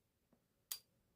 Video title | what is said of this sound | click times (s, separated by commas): Your Camera is Broken #youtubeshorts #youtube #storytime #photography #camera #lens #photographer | You hear that little click? That's the pin on the camera body | 0.7 s